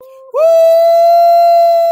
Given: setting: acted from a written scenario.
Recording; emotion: vocal sound without words; elation